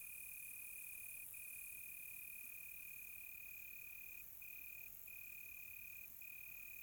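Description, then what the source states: Crickets trill steadily on one high pitch, pausing briefly a handful of times, over a soft, high buzzing background of other insects. Crickets on a quiet tropical night, recorded close.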